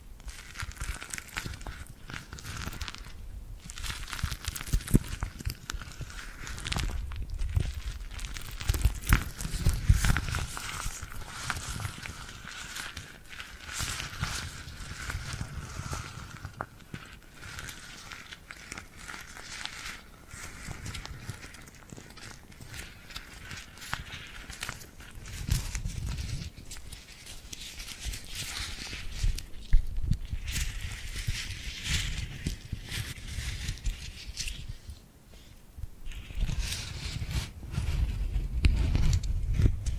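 Tingly glued hand sounds: sticky, crackling peels and taps from hands pressing together and pulling apart, coming in dense irregular bursts across the whole forty seconds. A faint steady tone hums underneath throughout, with brief quieter pauses around the middle and near the end.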